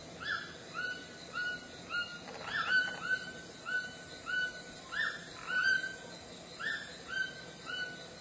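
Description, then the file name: White-throated toucan song, a steady series of repeated plaintive yelps throughout. "canto do tucano grande de papo branco"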